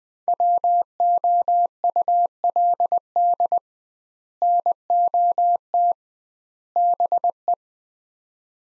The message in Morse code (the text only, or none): WOULD NOT BE